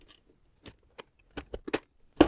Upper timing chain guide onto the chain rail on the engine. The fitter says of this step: and there are four tabs here and you just have to hear it click